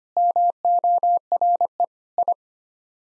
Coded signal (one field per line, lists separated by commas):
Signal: Morse code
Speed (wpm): 25 wpm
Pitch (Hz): 700 Hz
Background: none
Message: MORE I